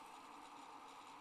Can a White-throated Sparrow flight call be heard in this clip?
no